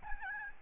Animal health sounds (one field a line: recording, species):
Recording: mosquito wingbeat signal from an infrared sensor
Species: Aedes albopictus